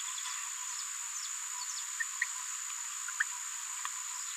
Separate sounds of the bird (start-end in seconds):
2.21-2.24, 3.20-3.23